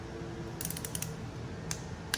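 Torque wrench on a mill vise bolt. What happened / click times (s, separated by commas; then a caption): The torque wrench clicked at its set torque / 2.1 s. A ratcheting torque wrench tightens the second bolt on the stationary jaw of a mill vise. Light ratchet-pawl ticks sound from about 0.6 to 1.7 s, then a sharper click at 2.1 s as the wrench reaches its set torque, meaning the bolt has enough force.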